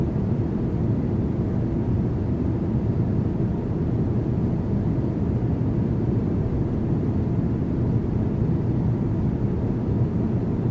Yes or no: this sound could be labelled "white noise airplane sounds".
yes